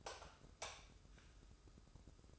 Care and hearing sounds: daily activity, microphone in the room; light off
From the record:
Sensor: 2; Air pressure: 995.2 hPa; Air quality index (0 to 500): 72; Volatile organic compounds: 2 ppm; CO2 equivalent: 1249 ppm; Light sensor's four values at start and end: 12/36/14/14 and 8/18/7/7

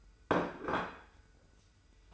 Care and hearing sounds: daily activity, microphone in the room; place plate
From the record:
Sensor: 2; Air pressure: 990.7 hPa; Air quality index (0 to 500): 152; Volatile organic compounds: 442 ppm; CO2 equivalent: 4737 ppm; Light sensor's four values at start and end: 28/65/26/26 and 28/65/26/26

